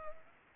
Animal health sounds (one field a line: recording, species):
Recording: mosquito wingbeat signal from an infrared sensor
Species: Culex pipiens